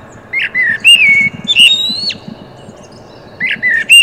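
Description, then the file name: Common blackbird delivering a flowing run of fluted, slurred whistles with a high, drawn-out squeak in the middle, then more short warbled notes. "Turdus merula"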